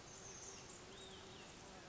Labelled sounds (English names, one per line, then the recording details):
Olive-sided Flycatcher
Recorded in Sonoma County, California